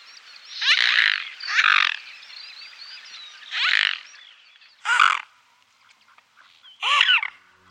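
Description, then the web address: Swan calls: five loud, harsh bursts at uneven intervals, with faint higher calls between them. "Birdnote. Swan Song"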